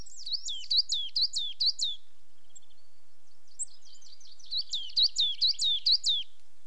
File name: Coal Tits - two pairs displaying to each other on territorial boundary